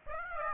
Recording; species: mosquito wingbeat signal from an infrared sensor; Aedes aegypti